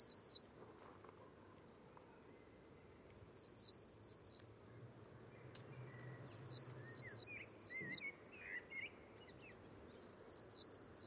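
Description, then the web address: Bird calling in several quick bursts of high, downward-sliding chirps, separated by short silent gaps. Bird-only recording, 2025. "cianscape birddata Deverinetal 2025 Bird Only Cy Ca"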